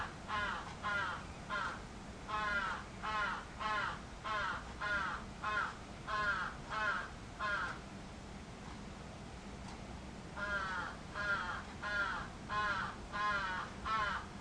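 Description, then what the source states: Crow calling a rapid run of hoarse caws, pausing briefly, then resuming the same quick caws against low background rumble. Recorded 11 July 2011.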